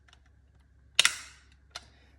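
A plastic battery lid is lifted off a pocket synth case to remove it, releasing with a sharp pop at 0.9 s that is followed by a second quick snap and a short decaying rattle. A fainter click follows at about 1.8 s.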